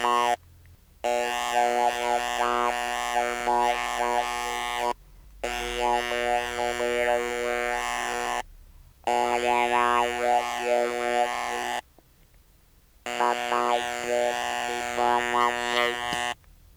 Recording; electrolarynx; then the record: speech with an electrolarynx; conventional device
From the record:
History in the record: total laryngectomy